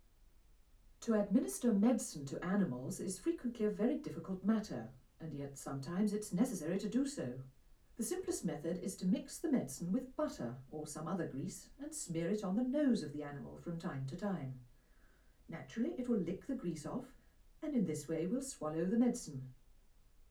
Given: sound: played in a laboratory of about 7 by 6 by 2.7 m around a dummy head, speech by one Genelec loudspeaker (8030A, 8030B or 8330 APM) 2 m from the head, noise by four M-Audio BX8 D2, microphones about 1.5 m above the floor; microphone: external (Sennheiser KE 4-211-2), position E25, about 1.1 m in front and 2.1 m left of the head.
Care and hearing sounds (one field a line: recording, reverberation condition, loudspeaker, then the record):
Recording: female speech in English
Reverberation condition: low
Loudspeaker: 60 degrees to the right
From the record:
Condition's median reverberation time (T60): about 310 ms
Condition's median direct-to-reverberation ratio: about 3.5 dB